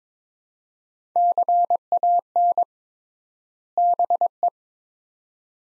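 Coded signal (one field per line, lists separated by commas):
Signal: Morse code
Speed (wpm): 23 wpm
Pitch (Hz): 700 Hz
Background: none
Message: CAN BE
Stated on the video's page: Morse word-pair copying practice at 22 wpm with triple word spacing, Farnsworth-like method; each set sent, spoken, then resent.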